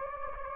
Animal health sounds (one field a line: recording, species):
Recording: mosquito wingbeat signal from an infrared sensor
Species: Anopheles gambiae